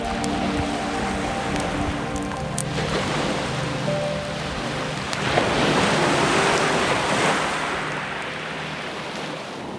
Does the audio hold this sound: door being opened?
no